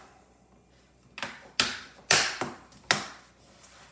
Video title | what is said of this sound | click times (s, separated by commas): Chromebook not charging fix | keyboard back down make sure that everything gets snapped into place | 1.6 s, 2.1 s, 2.9 s